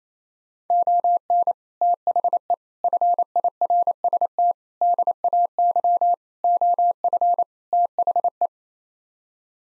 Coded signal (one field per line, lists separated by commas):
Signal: Morse code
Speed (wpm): 27 wpm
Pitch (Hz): 700 Hz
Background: none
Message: ON THE FIRST DAY OF THE